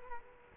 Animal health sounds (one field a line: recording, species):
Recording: mosquito wingbeat signal from an infrared sensor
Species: Culex quinquefasciatus